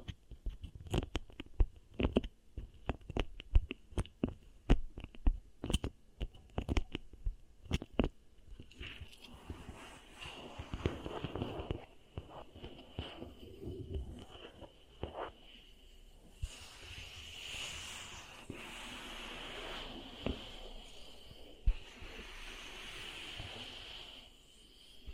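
Beeswax being pressed and worked produces a run of sharp, sticky clicks and crackles, dense and irregular for the first eight seconds. After that the sound turns into softer squishing and rubbing, with a steady bright hiss swelling around seventeen seconds and a single sharp click near twenty-two.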